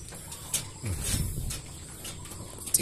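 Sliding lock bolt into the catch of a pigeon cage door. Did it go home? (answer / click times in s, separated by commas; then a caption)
yes / 2.7 s. A lock bolt on a pigeon cage door is forced along with some effort, since it is hard to slide into its catch. Scraping and rattling lead up to a sharp hit at 2.7 s as the bolt shoots home, seating it so the door is locked and can no longer be opened.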